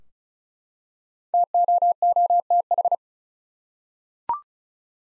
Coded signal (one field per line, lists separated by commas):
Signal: Morse code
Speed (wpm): 36 wpm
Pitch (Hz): 700 Hz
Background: none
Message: TOOTH